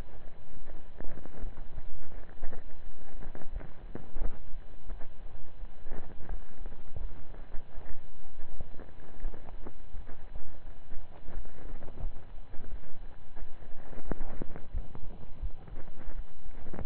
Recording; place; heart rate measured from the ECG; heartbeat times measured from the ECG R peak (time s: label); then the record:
heart sounds by stethoscope; between the tricuspid and mitral areas; 85 bpm
0.67 s: heartbeat
1.39 s: heartbeat
2.09 s: heartbeat
2.80 s: heartbeat
3.49 s: heartbeat
4.18 s: heartbeat
4.85 s: heartbeat
5.56 s: heartbeat
6.27 s: heartbeat
6.97 s: heartbeat
7.71 s: heartbeat
8.45 s: heartbeat
9.19 s: heartbeat
9.91 s: heartbeat
10.62 s: heartbeat
11.31 s: heartbeat
11.99 s: heartbeat
12.67 s: heartbeat
13.35 s: heartbeat
14.03 s: heartbeat
14.71 s: heartbeat
15.39 s: heartbeat
16.12 s: heartbeat
From the record:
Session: slow and fast walking with breaks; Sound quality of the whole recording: saturated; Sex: male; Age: 25 years